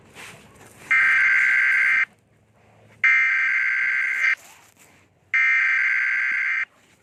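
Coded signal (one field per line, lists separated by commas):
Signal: Emergency Alert System (SAME) tones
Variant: header bursts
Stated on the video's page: Simulated alert made with a mobile EAS simulator app, for a fictional zombie virus pandemic scenario.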